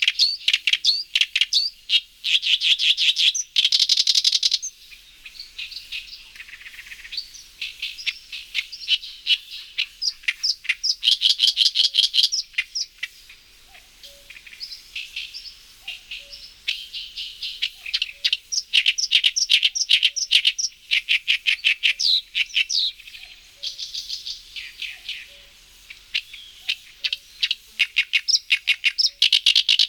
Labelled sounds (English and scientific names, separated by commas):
Oriental Reed Warbler (Acrocephalus orientalis) song